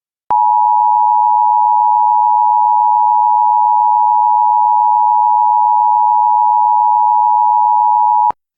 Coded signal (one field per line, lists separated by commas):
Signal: Emergency Alert System (SAME) tones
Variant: 853 and 960 Hz attention tone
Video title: EAS Child Abduction Emergency (AMBER Alert) Albuquerque, New Mexico Statewide Alert